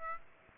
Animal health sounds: mosquito wingbeat signal from an infrared sensor; Aedes aegypti

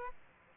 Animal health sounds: mosquito wingbeat signal from an infrared sensor; Aedes aegypti

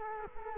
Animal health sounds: mosquito wingbeat signal from an infrared sensor; Culex quinquefasciatus

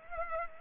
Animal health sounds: mosquito wingbeat signal from an infrared sensor; Culex pipiens

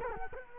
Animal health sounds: mosquito wingbeat signal from an infrared sensor; Culex quinquefasciatus

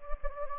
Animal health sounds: mosquito wingbeat signal from an infrared sensor; Anopheles gambiae

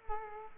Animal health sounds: mosquito wingbeat signal from an infrared sensor; Culex quinquefasciatus

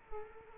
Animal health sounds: mosquito wingbeat signal from an infrared sensor; Culex quinquefasciatus

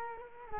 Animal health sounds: mosquito wingbeat signal from an infrared sensor; Culex quinquefasciatus

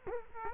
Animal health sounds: mosquito wingbeat signal from an infrared sensor; Culex quinquefasciatus

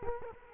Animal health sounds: mosquito wingbeat signal from an infrared sensor; Culex quinquefasciatus

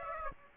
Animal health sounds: mosquito wingbeat signal from an infrared sensor; Aedes aegypti

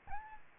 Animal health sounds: mosquito wingbeat signal from an infrared sensor; Aedes albopictus

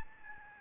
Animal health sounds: mosquito wingbeat signal from an infrared sensor; Aedes albopictus

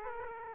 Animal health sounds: mosquito wingbeat signal from an infrared sensor; Aedes aegypti

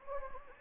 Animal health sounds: mosquito wingbeat signal from an infrared sensor; Anopheles gambiae

